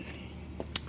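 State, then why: Seated. A passenger-side OEM wiper blade for a 9th gen Honda Accord is pushed onto the windshield wiper arm. A softer knock at 0.6 s comes before a sharp, bright click at 0.8 s as the blade snaps into place and seats on the arm. A low steady hum runs underneath.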